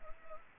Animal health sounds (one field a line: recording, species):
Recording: mosquito wingbeat signal from an infrared sensor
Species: Culex pipiens